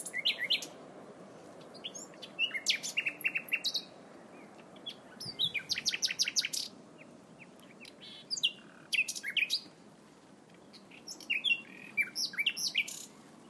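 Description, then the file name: Common nightingale song: bursts of rapid, rich phrases with repeated trills and chuckling notes, separated by short pauses, over a steady low background hiss. "nachtegaal"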